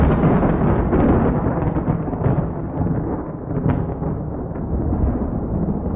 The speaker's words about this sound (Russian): А следом грянул оглушительный гром. Будто разорванная надво вселенная заревела от нестерпимой боли.